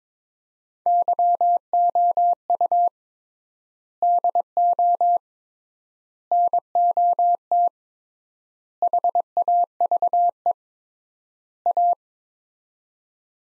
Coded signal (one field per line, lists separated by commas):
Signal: Morse code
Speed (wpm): 22 wpm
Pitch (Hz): 700 Hz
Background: none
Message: YOU DO NOT HAVE A